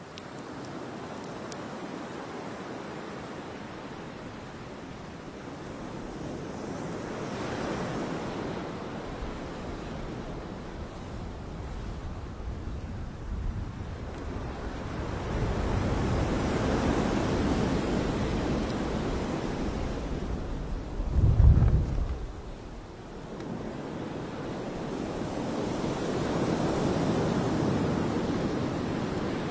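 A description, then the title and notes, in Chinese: Waves break and wash up a beach in slow, rolling swells, rising around 8, 17 and 27 seconds before easing back. The sound is low and full, with a steady hiss between surges. A brief low thump near 21 seconds stands out, like wind hitting the microphone. 傍晚 海滩 篝火旁 海浪声。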